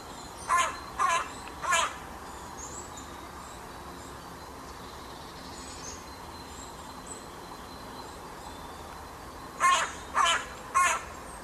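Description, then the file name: Carrion crow cawing: three harsh, hoarse caws in quick succession, a long quiet gap, then another set of three similar caws, over a faint steady background hiss. "Corvus corone"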